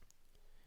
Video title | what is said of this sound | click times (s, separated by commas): DJI Osmo Pocket Review - First Official Retail Unboxing & Setup | and I don't know how secure that's going to be, it snaps in place. | 0.1 s